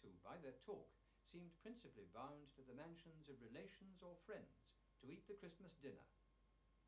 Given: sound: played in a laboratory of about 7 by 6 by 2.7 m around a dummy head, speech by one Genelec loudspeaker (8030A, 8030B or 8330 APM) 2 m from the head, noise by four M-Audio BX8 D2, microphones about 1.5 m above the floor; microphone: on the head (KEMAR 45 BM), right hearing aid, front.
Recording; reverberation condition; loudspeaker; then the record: male speech in English; low; 150 degrees to the right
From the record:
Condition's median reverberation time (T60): about 310 ms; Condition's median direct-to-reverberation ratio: about 3.5 dB